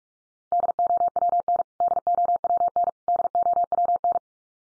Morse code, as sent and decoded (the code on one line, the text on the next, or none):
-.. --- .-- -. / -.. --- .-- -. / -.. --- .-- -.
DOWN DOWN DOWN